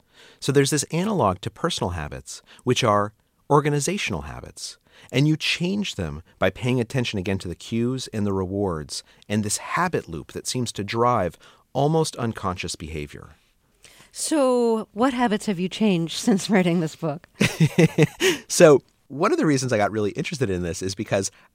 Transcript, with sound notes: So there's this analog to personal habits, which are organizational habits, and you change them by paying attention again to the cues and the rewards and this habit loop that seems to drive almost unconscious behavior.
So what habits have you changed since writing this book?
(SOUNDBITE OF LAUGHTER)
So one of the reasons I got really interested in this is because